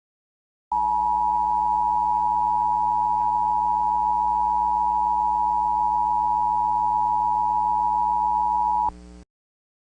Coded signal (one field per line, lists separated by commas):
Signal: Emergency Alert System (SAME) tones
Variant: 853 and 960 Hz attention tone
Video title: Cyrus The Vampire III: The Final Alert (An EAS Scenario)